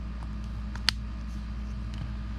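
The plastic halves of a 2018 Chevy Equinox 5-button smart key housing are pressed together after its coin battery is replaced, working around the edge until the clips snap home. Over a steady low hum, faint ticks come at about 0.2, 0.8 and 1.9 s, and one sharp, bright plastic snap at 0.9 s marks the housing seating closed.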